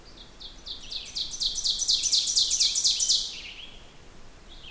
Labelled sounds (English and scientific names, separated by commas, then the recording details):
Ovenbird (Seiurus aurocapilla) song
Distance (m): 10 m
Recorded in boreal forest in Alberta, Canada, on 16 June 2016 at 08:06
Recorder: SongMeter 3, array SBT-3-32
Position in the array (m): 142 m, 27 m
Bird 36